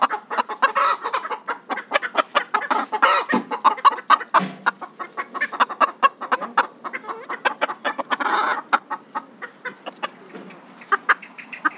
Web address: chickens